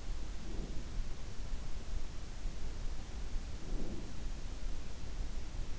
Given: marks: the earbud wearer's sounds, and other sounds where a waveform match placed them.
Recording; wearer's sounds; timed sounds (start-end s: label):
sounds in sleep by an in-ear microphone; breath
0.29-0.88 s: breath
3.49-4.51 s: breath